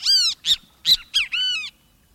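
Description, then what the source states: Great Kiskadee calls: five loud, harsh, nasal notes in quick succession, the last drawn out and falling, clearly ringing against a quiet background. Its call announces its name.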